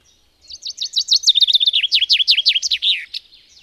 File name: erdei pinty